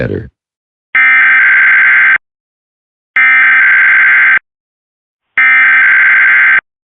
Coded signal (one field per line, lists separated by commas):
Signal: Emergency Alert System (SAME) tones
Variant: header bursts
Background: speech